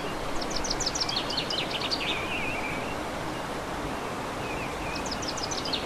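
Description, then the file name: Bird song: an opening run of quick, high chirps that slurs into a lower twitter, then a second short burst near the end, all over steady hiss. Bird songs recorded 15 March 2014 on an MZ-N710 recorder. "MZ-N 710 Chants d oiseaux 15 03 14"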